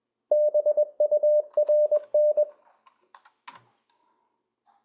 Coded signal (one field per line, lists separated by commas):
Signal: Morse code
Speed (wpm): 21 wpm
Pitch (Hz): 600 Hz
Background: none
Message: BURN